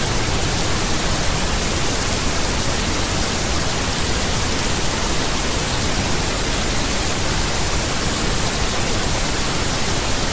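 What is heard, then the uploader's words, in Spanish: Pink noise mixed with the sound of rain, a dense, even hiss that holds perfectly steady for the whole stretch. The rush spreads from a soft low rumble up to a bright top, with no separate drops, gusts or other sounds breaking through. ¡Combinamos el sonido rosa y el sonido de la lluvia para horas de relajación! Similar al sonido estable y constante de un ventilador. Ruido rosa con sonidos de lluvia. Ruido de Lluvia Rosa.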